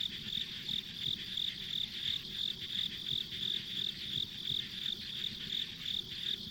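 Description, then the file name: Insects chirping in a steady pulsed stream of high, bright notes, about three per second, over a soft continuous hiss and faint low rumble. Ambient insect sound recorded on a country road. "田舎道の虫の環境音"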